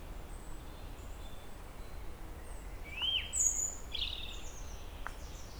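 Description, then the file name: European robin song: a short burst of thin, high whistled notes and a brief sliding phrase midway, surrounded by steady low background hiss. "Erithacus rubecula"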